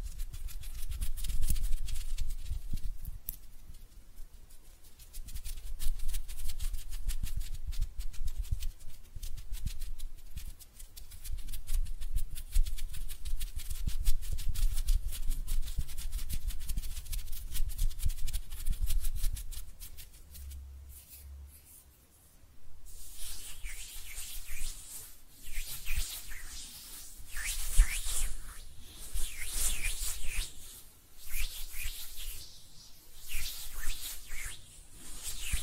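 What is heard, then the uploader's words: Hand sounds with no talking: dense, scratchy rubbing and brushing run almost without pause, with low thumps underneath. Around 21 seconds it briefly quiets, then returns brighter and hissier, with swishing strokes that swell and fade every second or two. ASMR Relaxing Hand Sounds (No Talking).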